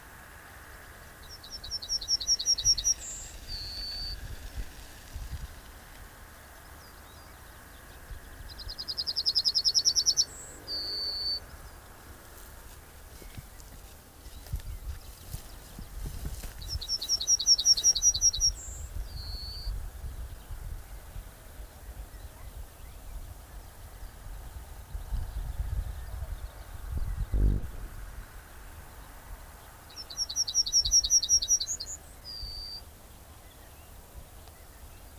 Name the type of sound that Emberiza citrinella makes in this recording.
song